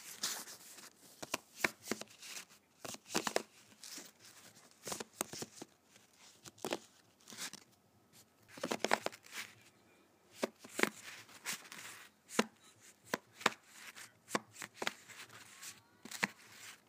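Playing cards being handled: a busy series of sharp, crisp snaps and flicks, some single and some in quick bursts, spread irregularly across the whole stretch. Between the snaps, softer sliding and shuffling rustles fill the gaps, with a quiet, steady low hum underneath.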